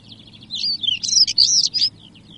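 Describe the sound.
European stonechat delivering a single rapid, scratchy warble of high chirps and squeaky notes lasting about one and a half seconds.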